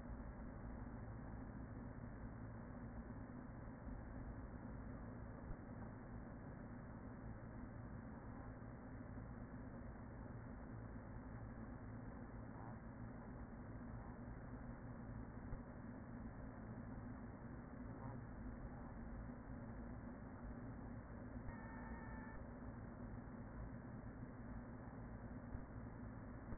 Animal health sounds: honeybee colony, microphone inside the hive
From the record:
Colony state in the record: queen present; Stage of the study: after two queens were removed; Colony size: about 40,000 bees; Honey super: no

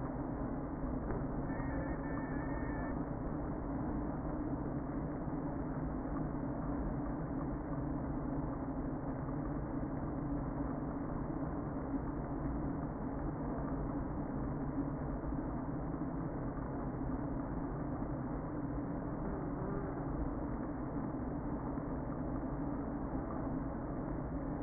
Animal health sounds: honeybee colony, microphone inside the hive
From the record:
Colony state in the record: queen present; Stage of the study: before two queens were removed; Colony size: about 60,000 bees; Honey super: yes

